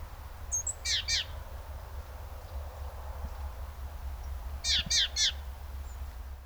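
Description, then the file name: Great tit calls, two short bursts of three sharp, slurred notes several seconds apart over a low rumbling background and a faint high whistle. "Parus major"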